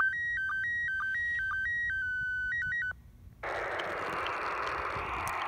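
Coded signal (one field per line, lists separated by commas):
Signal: SSTV (slow-scan television)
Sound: warbling tones stepping between two pitches, short low blips twice a second, then hiss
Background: radio static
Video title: International Space Station SSTV Satellite Pass Using A 3 Element Tape Measure Yagi Antenna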